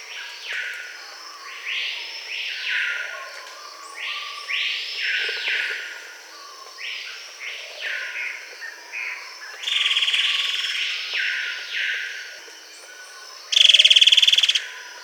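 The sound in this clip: Bird calls: broad arching notes repeated about once a second, each sweeping up and falling back, ending with a loud, harsh, pulsed buzz.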